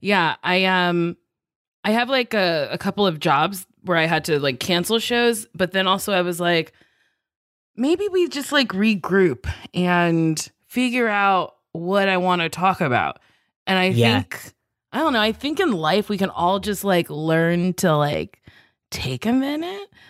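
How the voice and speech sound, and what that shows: A woman talks casually in clear, fluent conversational speech, with frequent fillers like "like" and brief natural pauses. Her voice is clear and of ordinary pitch, with no sign of a speech or voice disorder. The room is quiet.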